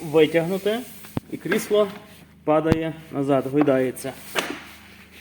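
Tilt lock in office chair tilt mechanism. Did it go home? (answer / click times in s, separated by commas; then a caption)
yes / 4.4 s. Someone talks while a leather office chair is rocked back, then its metal deep-tilt mechanism locks in the reclined position with a sharp, chop-like click at 4.4 s. The tilt lock has seated and holds the chair tilted back.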